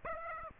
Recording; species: mosquito wingbeat signal from an infrared sensor; Aedes aegypti